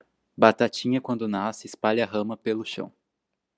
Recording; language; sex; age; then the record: short text; Brazilian Portuguese; male; 18 to 19 years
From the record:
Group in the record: control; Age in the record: 18 years